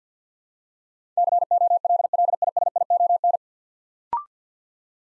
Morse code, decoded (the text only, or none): COLLISION